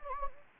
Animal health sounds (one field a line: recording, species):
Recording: mosquito wingbeat signal from an infrared sensor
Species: Anopheles gambiae